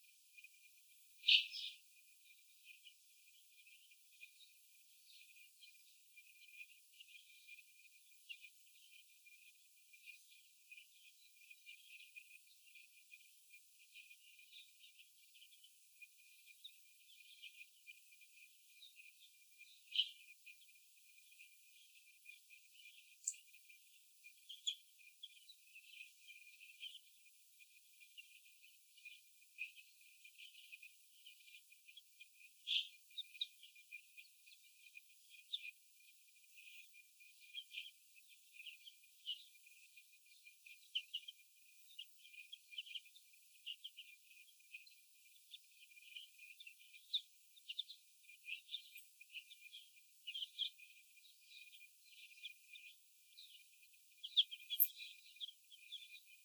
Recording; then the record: young laying hens in a cage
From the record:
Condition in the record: before the stressor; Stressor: sudden umbrella opening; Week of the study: 2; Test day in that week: 1